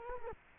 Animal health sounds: mosquito wingbeat signal from an infrared sensor; Culex quinquefasciatus

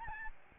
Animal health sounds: mosquito wingbeat signal from an infrared sensor; Aedes albopictus

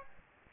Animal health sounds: mosquito wingbeat signal from an infrared sensor; Aedes aegypti

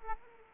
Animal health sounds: mosquito wingbeat signal from an infrared sensor; Aedes aegypti

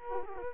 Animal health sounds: mosquito wingbeat signal from an infrared sensor; Culex quinquefasciatus

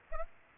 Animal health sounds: mosquito wingbeat signal from an infrared sensor; Aedes aegypti

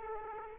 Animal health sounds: mosquito wingbeat signal from an infrared sensor; Aedes aegypti

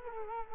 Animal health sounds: mosquito wingbeat signal from an infrared sensor; Culex quinquefasciatus

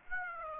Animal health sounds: mosquito wingbeat signal from an infrared sensor; Aedes aegypti

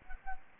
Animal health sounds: mosquito wingbeat signal from an infrared sensor; Culex quinquefasciatus

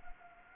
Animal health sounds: mosquito wingbeat signal from an infrared sensor; Anopheles arabiensis

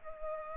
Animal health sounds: mosquito wingbeat signal from an infrared sensor; Culex pipiens

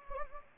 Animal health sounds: mosquito wingbeat signal from an infrared sensor; Anopheles gambiae

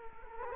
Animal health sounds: mosquito wingbeat signal from an infrared sensor; Culex quinquefasciatus

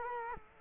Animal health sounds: mosquito wingbeat signal from an infrared sensor; Culex quinquefasciatus

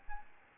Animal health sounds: mosquito wingbeat signal from an infrared sensor; Aedes albopictus

